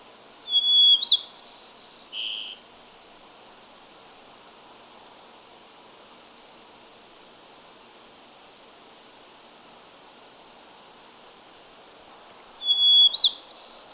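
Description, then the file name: White-crowned sparrow song: a clear whistled opening note and buzzy trilled phrases ending lower, then long silence before a second song begins at the end. Subspecies gambelii. "White crowned Sparrow Zonotrichia leucophrys gambelii"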